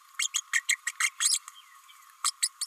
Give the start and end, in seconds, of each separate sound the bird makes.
0.19-0.27, 0.33-0.41, 0.53-0.63, 0.68-0.77, 0.86-0.91, 1.00-1.10, 1.20-1.39, 2.24-2.31, 2.42-2.48, 2.61-2.66